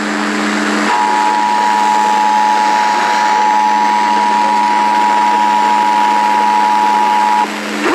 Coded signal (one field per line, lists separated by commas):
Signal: Emergency Alert System (SAME) tones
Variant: 853 and 960 Hz attention tone